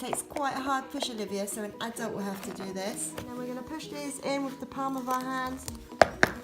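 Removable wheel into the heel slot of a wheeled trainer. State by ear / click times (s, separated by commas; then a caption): seated / 6.0 s, 6.2 s. A removable wheel for a Heelys wheeled trainer is pushed with the palm of the hand into the designated slot in the shoe's heel while someone talks. It clicks into the heel slot with two sharp clicks at about 6.0 and 6.2 seconds, and the wheel is seated.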